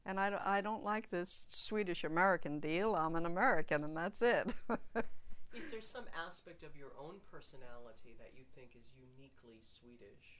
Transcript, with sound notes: And I don't like this Swedish-American deal. I'm an American and that's it. (she laughs)
Is there some aspect of your own personality that you think is uniquely Swedish?